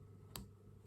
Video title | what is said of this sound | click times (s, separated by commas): Sennheiser HD 25 Repair (Sound cutting out from left / right channel) | and it should make a satisfying click | 0.4 s